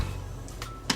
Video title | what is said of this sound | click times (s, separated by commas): Upgraded Greenote GSC50 Cordless Vacuum Unboxing!!! | Clips in like that and snaps together the | 0.9 s